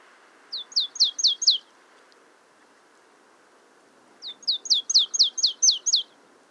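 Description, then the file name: Marsh tit calls in two bursts of sharp, downward-sweeping high notes, five then eight, separated by a quiet gap of about two and a half seconds. "Poecile palustris"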